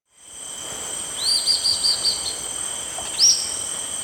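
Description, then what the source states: Olive-faced Flatbill calling, a quick run of high thin notes followed by a single upslurred note, with steady insect tones throughout. Recorded in Ecuador.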